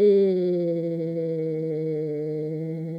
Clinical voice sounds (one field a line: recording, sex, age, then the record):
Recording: sustained vowel /i/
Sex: female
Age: 60 to 69 years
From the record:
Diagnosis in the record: amyotrophic lateral sclerosis, bulbar onset 22 months earlier, bulbar signs present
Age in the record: 63 years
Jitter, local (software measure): 0.59%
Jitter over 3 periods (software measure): 0.24%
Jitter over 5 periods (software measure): 0.35%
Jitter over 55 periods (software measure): 1.27%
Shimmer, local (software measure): 3.3%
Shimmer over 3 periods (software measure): 1.2%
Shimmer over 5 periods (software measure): 1.8%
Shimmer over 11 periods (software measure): 4.1%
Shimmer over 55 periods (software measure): 6.8%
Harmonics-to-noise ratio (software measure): 11.8 dB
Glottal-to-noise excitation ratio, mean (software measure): 0.91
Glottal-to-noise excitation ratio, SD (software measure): 0.027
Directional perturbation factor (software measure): 57.4%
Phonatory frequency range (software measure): 0.49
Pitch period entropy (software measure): 2.03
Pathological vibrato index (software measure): 1.39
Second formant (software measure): 2731 Hz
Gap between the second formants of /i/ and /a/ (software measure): 1289 Hz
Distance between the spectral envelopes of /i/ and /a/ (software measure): 7.0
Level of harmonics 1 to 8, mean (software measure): -17.5, -16.1, -17.3, -37.4, -53.0, -61.6, -66.2, -66.3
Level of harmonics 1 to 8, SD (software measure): 2.6, 6.4, 4.8, 4.7, 6.6, 4.4, 7.0, 8.7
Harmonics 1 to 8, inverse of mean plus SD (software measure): 0.050, 0.045, 0.045, 0.024, 0.017, 0.015, 0.014, 0.013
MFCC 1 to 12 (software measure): 6.3, 8.6, -7.3, -22.8, -15.4, 8.3, -11.6, 8.2, -9.8, -6.2, -2.4, -14.1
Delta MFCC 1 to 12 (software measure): 0.027, 0.016, 0.022, 0.020, 0.011, 0.006, -0.028, -0.036, -0.004, -0.015, -0.004, -0.005